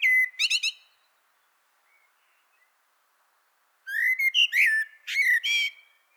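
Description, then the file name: Common blackbird song with a short fluty phrase at the start and a longer one later, melodious low whistles broken by squeaky, scratchy high notes. "Turdus merula"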